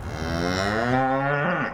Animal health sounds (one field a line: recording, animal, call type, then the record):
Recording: contact call of a hoofed animal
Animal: cattle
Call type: low-frequency (closed-mouth) or high-frequency (open-mouth) call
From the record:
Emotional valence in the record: negative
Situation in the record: full separation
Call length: 1.74 s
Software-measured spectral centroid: 1790 Hz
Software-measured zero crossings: 1850 a second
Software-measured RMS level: -24 dBFS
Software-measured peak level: -8 dBFS